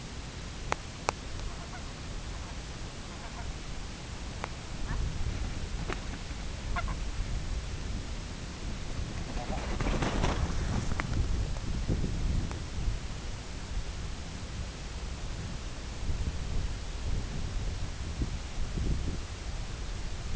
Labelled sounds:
unidentified sound
Brent Goose

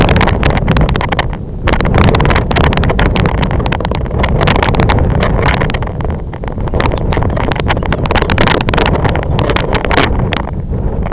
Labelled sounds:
Lapland Longspur

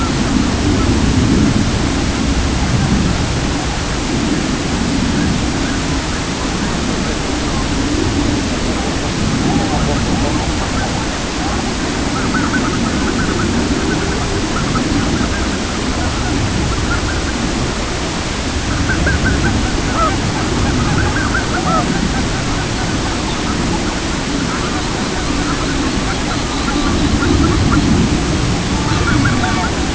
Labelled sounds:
unidentified sound
King Eider
Pectoral Sandpiper
Sabine's Gull
Red-throated Loon

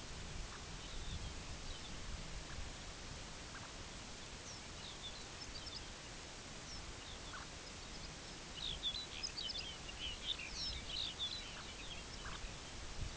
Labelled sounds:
unidentified sound
Lapland Longspur

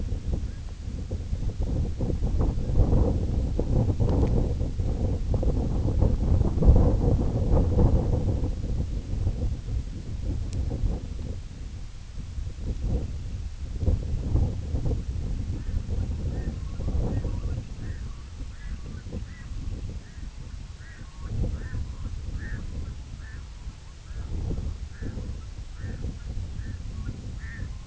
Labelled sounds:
unidentified sound
Semipalmated Sandpiper
Red-throated Loon

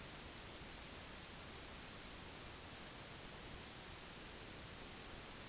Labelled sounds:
none

